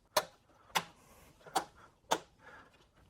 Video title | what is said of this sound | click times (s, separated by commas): Jeep JL Stock Battery Relocation/Replacement Kits Installation | And these will just snap in place. | 0.2 s, 2.1 s